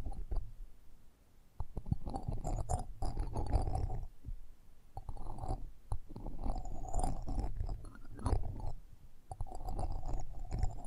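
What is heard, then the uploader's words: Close-up mic treatment with dense, crinkly rubbing and brushing sounds right against the microphone, rising and falling in bursts with short pauses near one, four and nine seconds. A deep rumbling thump underlies the friction, with scattered sharp ticks and crackles on top. ASMR Close Up Mic Treatment Tingle Galore (No Talking).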